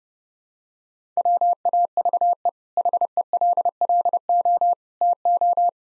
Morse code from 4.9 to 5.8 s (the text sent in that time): TO